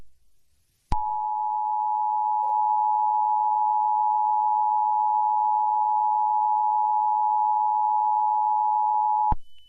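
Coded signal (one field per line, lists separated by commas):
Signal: Emergency Alert System (SAME) tones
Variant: 853 and 960 Hz attention tone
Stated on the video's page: Fictional EAS scenario made in CapCut.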